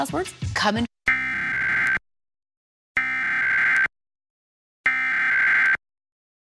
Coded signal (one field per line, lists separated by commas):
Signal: Emergency Alert System (SAME) tones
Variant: header bursts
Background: speech